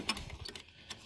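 A plastic retaining clip on the fuel filter line fitting of a 2003 Ford F150 5.4L is hooked on at the front and its back pushed down into its slots. It snaps into place with a sharp click at 0.1 s, followed by a few smaller ticks and clicks up to about 0.6 s and another faint one near 0.9 s. The clip is seated.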